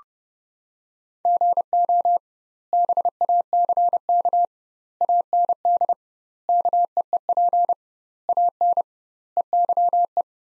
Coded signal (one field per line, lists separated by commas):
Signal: Morse code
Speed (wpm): 30 wpm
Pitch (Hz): 700 Hz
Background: none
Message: GO BACK AND KEEP AN EYE